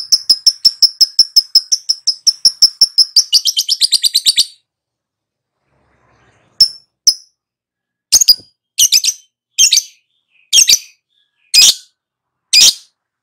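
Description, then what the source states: Lovebird song: a fast, even train of high sharp chirps for about four seconds, then scattered harsh, buzzy notes spaced roughly a second apart. Lovebird prompted to answer and sing steadily and energetically; the Indonesian term gacor describes this sustained singing.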